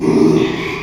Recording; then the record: squeal of a Yucatan mini pig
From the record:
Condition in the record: after surgery on the right vocal fold (resection and tissue-engineered implant); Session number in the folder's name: 1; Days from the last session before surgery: 6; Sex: male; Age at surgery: 12 weeks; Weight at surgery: 13 kg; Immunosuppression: cyclosporine, prednisolone